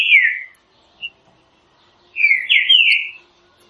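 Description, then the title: Green-winged saltator song, a rich descending whistled note, a short high pip, then a longer slurred rising-and-falling whistled phrase. Classic song style, presented as training audio for the bird. "Canto Clássico Trinca Ferro TREINAMENTO"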